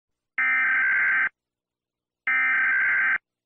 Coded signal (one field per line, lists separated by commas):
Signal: Emergency Alert System (SAME) tones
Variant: header bursts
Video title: EAS Scenario 3 (Malaysia Attack) TPI 19 May 1997